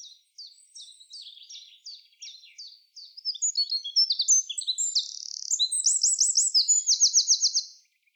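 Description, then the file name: Eurasian wren song, a fast high run of sharp notes building into loud rattling trills. "Troglodytes troglodytes"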